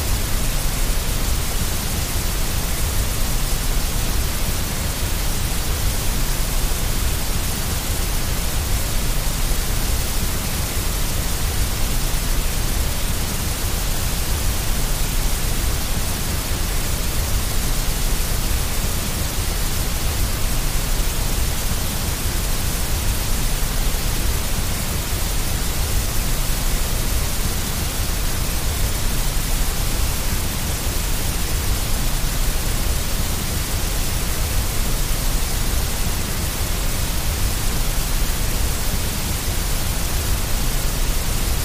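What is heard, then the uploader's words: Grey noise runs as a steady, unbroken hiss for the whole stretch, with no events or changes in level. The sound is full and even, with a soft rumbling low end beneath a smooth, airy top, and nothing else in the background. Sleepy Grey Noise.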